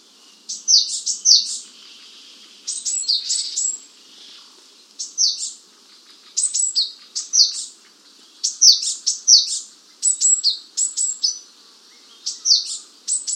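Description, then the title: Japanese tit song: high, sharp chirping notes in quick clusters of two or three, bursts repeated throughout with short pauses, nothing else prominent. "Suara burung gelatik batu jepang"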